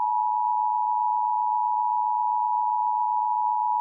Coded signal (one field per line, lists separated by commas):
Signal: Emergency Alert System (SAME) tones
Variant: 853 and 960 Hz attention tone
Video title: No Turning Back - An EAS Scenario Mini